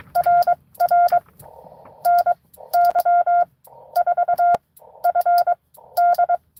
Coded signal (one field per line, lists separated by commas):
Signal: Morse code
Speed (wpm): 22 wpm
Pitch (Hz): 690 Hz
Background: none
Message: RR NY4FD